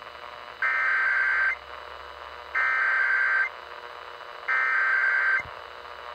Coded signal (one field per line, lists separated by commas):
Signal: Emergency Alert System (SAME) tones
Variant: header bursts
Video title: Los Angeles Required Monthly Tests 11/26/19 640 AM/105.9 FM